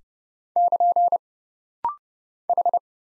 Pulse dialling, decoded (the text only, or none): none